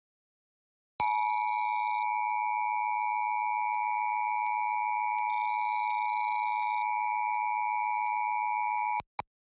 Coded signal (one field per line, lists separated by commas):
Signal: Emergency Alert System (SAME) tones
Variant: 853 and 960 Hz attention tone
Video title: EAS National Periodic Test - 3 October 2018 (EAS #3)